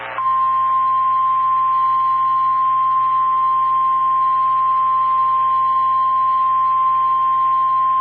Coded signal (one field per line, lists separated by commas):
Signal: Emergency Alert System (SAME) tones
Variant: 1050 Hz attention tone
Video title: WXL88 Required Weekly Test | June 11, 2025 (EAS #6)